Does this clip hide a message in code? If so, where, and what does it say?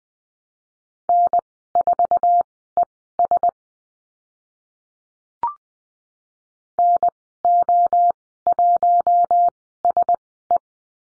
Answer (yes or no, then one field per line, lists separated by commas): yes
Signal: Morse code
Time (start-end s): 1.1-10.6 s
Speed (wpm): 20 wpm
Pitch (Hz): 700 Hz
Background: none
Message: N4ES NO1SE